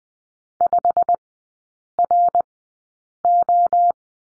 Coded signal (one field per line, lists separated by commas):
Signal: Morse code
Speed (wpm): 20 wpm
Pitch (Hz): 700 Hz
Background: none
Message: 5RO